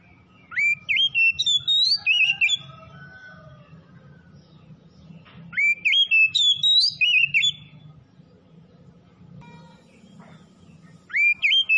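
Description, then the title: Oriental magpie-robin song: bursts of loud, varied whistled phrases, rising and falling notes, about two seconds long and repeated roughly every five seconds over a steady low hum. Described as 'gacor', singing vigorously in full song; 'Tretes' also given with the name. "Kacer Tretes"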